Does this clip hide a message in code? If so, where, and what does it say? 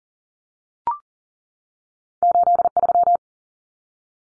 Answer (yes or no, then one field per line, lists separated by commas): yes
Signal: Morse code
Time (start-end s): 2.2-3.2 s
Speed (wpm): 40 wpm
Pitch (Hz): 700 Hz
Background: none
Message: 83